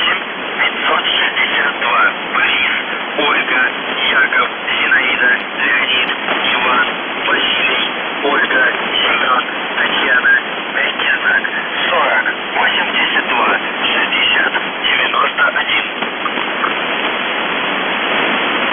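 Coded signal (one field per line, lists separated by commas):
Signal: numbers station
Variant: UVB-76 voice message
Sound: a male voice speaking through heavy shortwave noise, words hard to make out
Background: radio static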